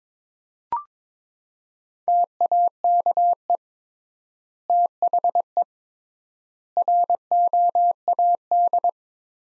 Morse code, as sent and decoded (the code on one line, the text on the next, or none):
- .- -.- . / - .... . / .-. --- .- -..
TAKE THE ROAD